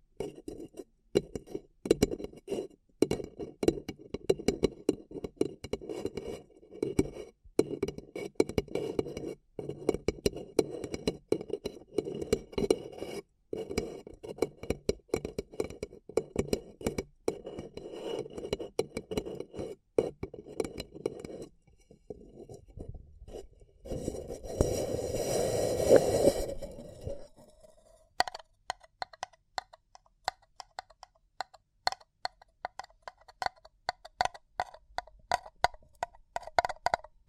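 A paper cup is handled with fast, dense crinkling and tapping that runs steadily for most of the clip. Near the 25-second mark a brief louder rush stands out, then after about 28 seconds the sound thins into lighter, sparser ticks and clicks.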